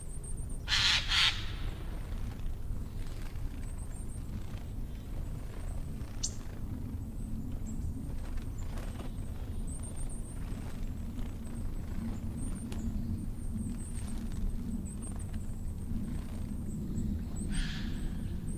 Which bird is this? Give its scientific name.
Garrulus glandarius